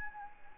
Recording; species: mosquito wingbeat signal from an infrared sensor; Anopheles arabiensis